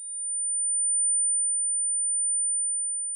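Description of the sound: Steady, unbroken high-pitched whistle-like tone, a simulation of the constant ringing of tinnitus, as if heard 24/7. Tinnitus sounds range from a small soft beep to an incredibly loud shriek; hearing damage is the main cause.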